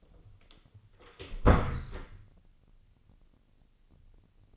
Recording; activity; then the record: daily activity, microphone in the room; close door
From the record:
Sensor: 4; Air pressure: 1010.1 hPa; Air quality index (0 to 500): 196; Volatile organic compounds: 3 ppm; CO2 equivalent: 1407 ppm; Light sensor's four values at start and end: 36/88/36/39 and 38/93/38/41